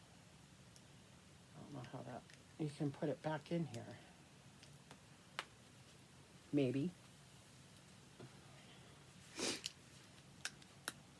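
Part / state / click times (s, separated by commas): spray mister into its holder / seated / 10.9 s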